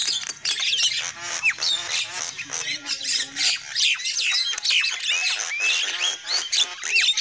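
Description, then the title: Lovebird calls, a busy mix of piercing squeaks, raspy chirps and upswept whistles packed tightly together from a noisy group of birds. Lovebird calls used as a lure for trapping birds. "PIKAT BURUNG LOVEBIRD"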